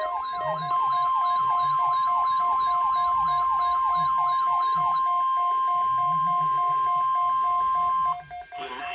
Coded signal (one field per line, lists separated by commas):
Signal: Emergency Alert System (SAME) tones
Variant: 1050 Hz attention tone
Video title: Severe Thunderstorm Watch #72 From March 29th 2022 (EAS#472)